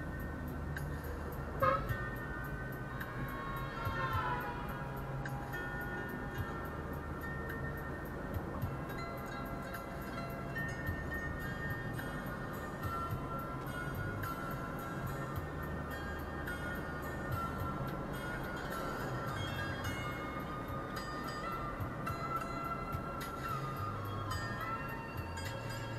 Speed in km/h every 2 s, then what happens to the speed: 33, 35, 36, 39, 41, 41, 42, 43, 45, 46, 46, 44, 39.
0-17 speeds up to 46. 17-22 steady at about 46.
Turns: none.